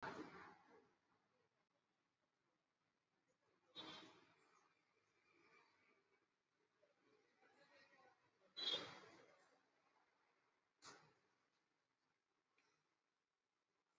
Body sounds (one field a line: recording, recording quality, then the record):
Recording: deep breathing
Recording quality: poor, much background noise or distortion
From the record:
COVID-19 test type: RT-PCR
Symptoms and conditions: cough, cold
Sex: male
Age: 21 years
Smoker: no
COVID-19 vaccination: both doses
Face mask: worn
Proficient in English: yes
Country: India